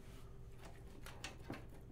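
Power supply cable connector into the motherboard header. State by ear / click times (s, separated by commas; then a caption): not seated / none. A power supply cable connector is handled at the motherboard header during cable management, producing soft rustling and light plastic taps, with a sharper tap near 1.2 s and another near 1.5 s. Nothing has seated or clicked yet. No one talks.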